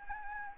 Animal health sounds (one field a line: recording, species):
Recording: mosquito wingbeat signal from an infrared sensor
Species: Anopheles gambiae